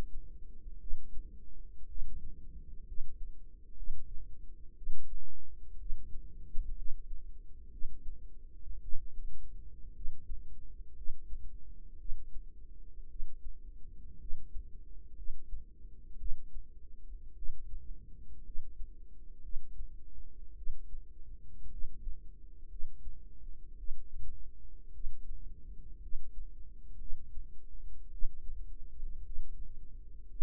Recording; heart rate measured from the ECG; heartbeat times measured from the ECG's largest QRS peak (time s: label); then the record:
heart sounds by microphone in the right ear; 57 bpm
0.78 s: heartbeat
1.86 s: heartbeat
2.84 s: heartbeat
3.74 s: heartbeat
4.74 s: heartbeat
5.77 s: heartbeat
6.74 s: heartbeat
7.69 s: heartbeat
8.80 s: heartbeat
9.92 s: heartbeat
10.94 s: heartbeat
11.96 s: heartbeat
13.07 s: heartbeat
14.17 s: heartbeat
15.14 s: heartbeat
16.16 s: heartbeat
17.34 s: heartbeat
18.42 s: heartbeat
19.40 s: heartbeat
20.54 s: heartbeat
21.68 s: heartbeat
22.67 s: heartbeat
23.75 s: heartbeat
24.91 s: heartbeat
25.99 s: heartbeat
26.97 s: heartbeat
28.09 s: heartbeat
29.22 s: heartbeat
30.27 s: heartbeat
From the record:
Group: healthy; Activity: rest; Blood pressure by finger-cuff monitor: 95/59 mmHg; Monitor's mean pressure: 70 mmHg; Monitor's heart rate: 58 bpm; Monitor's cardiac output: 4.5 L/min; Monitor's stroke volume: 79 mL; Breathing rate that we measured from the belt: 16 breaths a minute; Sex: female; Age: 36 years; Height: 163 cm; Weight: 88 kg